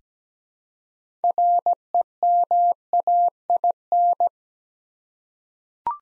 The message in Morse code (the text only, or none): REMAIN